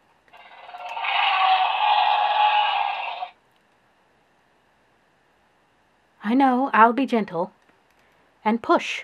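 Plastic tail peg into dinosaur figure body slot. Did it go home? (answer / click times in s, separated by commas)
no / none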